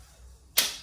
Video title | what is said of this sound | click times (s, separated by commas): Rogue Fitness OSO Magnetic Collars | hear that little snap because the magnets are touching the metal here and then you just close it and | 0.6 s